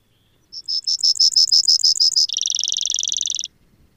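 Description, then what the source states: Brewer's sparrow song: a run of about twelve slower, bright, evenly spaced high notes, then a fast buzzy trill at slightly lower pitch, lasting about three seconds. Recorded in Sierra Valley in 2009.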